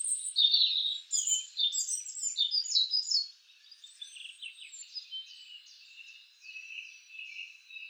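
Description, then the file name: European robin song opening with loud, rapid high tumbling notes and twitters, fading into softer thin warbling phrases. "Erithacus rubecula"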